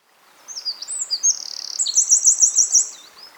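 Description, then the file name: Eurasian wren delivering a loud, very high, rapid song of sliding notes and a dry trill, finishing with a string of six piercing repeated notes. "Troglodytes troglodytes"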